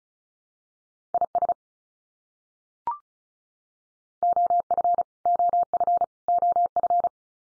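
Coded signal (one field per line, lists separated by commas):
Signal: Morse code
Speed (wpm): 34 wpm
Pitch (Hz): 700 Hz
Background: none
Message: IS OF OF OF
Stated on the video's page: Top 100 English words head-copy drill at 35wpm, each word sent three times, spoken, then sent again.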